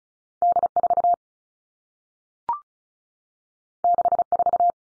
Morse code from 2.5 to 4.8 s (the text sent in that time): 6 4